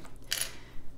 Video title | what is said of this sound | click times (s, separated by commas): DAC Sneak Peek! "Libra" by Dakota Daetwiler and Diamond Art Club ♎️ | got a tray and then this little plastic piece is actually a tray stopper that just pops right in there and helps keep the diamonds from sliding out | 0.3 s